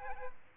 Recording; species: mosquito wingbeat signal from an infrared sensor; Aedes aegypti